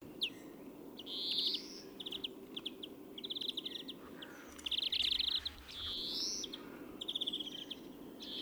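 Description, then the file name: European greenfinch song: bursts of rapid twittering trills alternating with a long, rising nasal wheeze, over a steady low background hum. "Chloris chloris"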